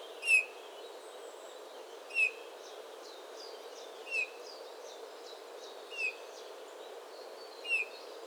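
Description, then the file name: Eurasian bullfinch repeating a mellow, short piping call about every two seconds, five notes in all, with thin, rapid high chirps in the background. "Pyrrhula pyrrhula"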